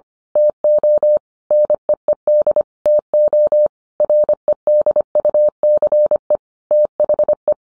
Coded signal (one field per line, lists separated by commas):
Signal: Morse code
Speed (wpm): 25 wpm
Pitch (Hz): 600 Hz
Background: none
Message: TO NEED TO REDUCE THE